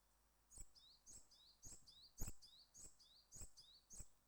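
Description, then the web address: Japanese tit song: a quiet, steady series of repeated two-part high notes, a sharp chip followed by a lower up-slurred whistle, about seven times over a faint background hiss. "Parus minor song"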